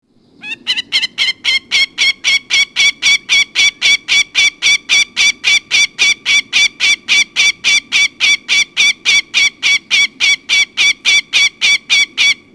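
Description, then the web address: Northern Goshawk calling a long, harsh, rapid kek-kek-kek series, nearly four evenly spaced notes per second, continuing steadily for about twelve seconds. "Peterson North American Birds. nogo"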